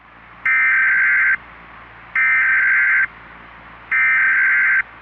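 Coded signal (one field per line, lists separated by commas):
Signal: Emergency Alert System (SAME) tones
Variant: header bursts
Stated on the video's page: Fictional EAS scenario about an AI takeover, simulated.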